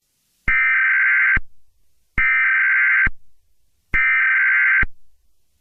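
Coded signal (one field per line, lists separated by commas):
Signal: Emergency Alert System (SAME) tones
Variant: header bursts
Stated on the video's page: Fictional EAS scenario, re-uploaded.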